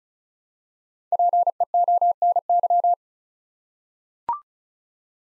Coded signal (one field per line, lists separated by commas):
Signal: Morse code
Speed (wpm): 36 wpm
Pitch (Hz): 700 Hz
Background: none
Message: PEONY